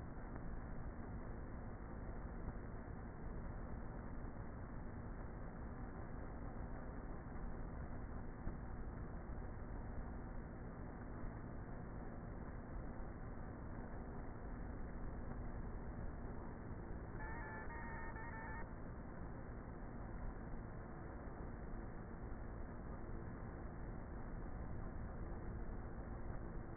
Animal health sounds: honeybee colony, microphone inside the hive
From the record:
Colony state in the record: queenless with a low population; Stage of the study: before two queens were removed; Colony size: about 30,000 bees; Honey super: no

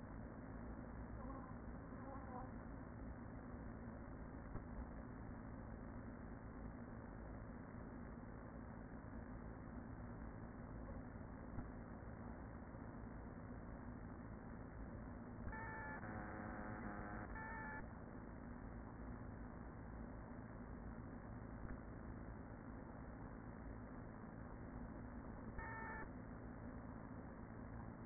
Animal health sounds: honeybee colony, microphone inside the hive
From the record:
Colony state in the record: queen present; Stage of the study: after two queens were removed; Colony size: about 40,000 bees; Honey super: no

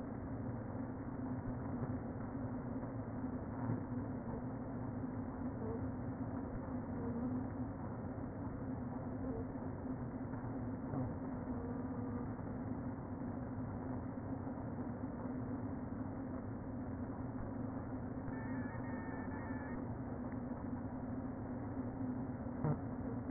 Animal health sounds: honeybee colony, microphone inside the hive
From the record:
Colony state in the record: queen present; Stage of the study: before two queens were removed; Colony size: about 60,000 bees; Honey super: yes

